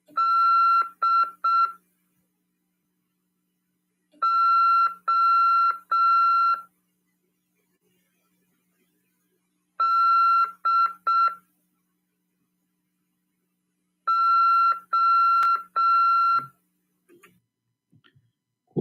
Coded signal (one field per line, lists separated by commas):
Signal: Morse code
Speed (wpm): 6 wpm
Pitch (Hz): 1360 Hz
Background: none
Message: DODO